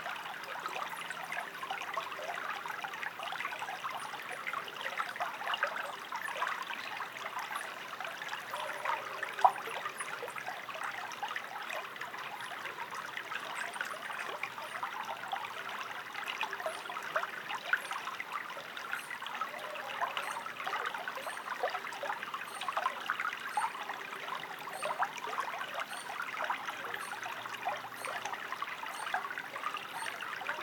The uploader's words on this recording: Sounds of Northern Michigan: On the Banks of Twenty-Two Creek. Creeks sounds. This week, we are on the banks of Twenty-Two Creek in my hometown of Traverse City, Michigan. Its gentle gurgling sounds are the backdrop for views of stunning trees that are hundreds of years old.